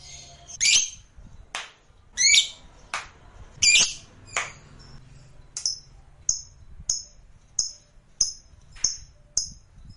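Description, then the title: Lovebird giving sharp, shrill squawks, then a steady run of short high chirps. Lovebird calls used to stimulate lovebirds. "Suara Lovebird Ini"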